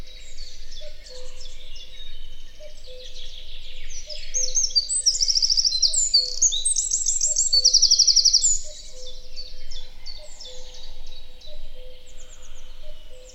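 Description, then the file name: Eurasian wren song: a long, loud outpouring of rapid high twittering notes with buzzy trills peaking midway. "Troglodytes troglodytes"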